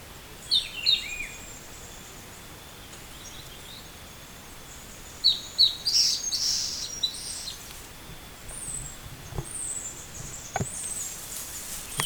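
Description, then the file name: Bird calls: two thin high chirps early, then a quick run of sharp, high descending chirps around six seconds, followed by faint high trills and a few clicks. "SABIOD 50 bird 2015"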